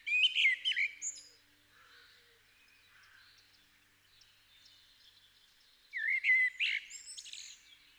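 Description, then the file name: Common blackbird song: a rich fluted phrase with a thin twittering end, then a long quiet pause before another mellow phrase rises and breaks into high squeaks. "Turdus merula"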